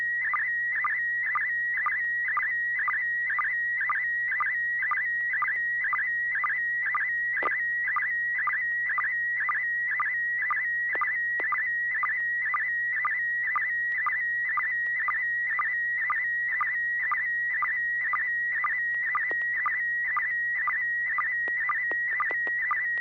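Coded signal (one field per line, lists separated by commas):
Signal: SSTV (slow-scan television)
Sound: steady high warbling tone with rhythmic chirping dips about twice per second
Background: low electrical hum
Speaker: Okay, Bob, N6BGQ, it's your turn, sir.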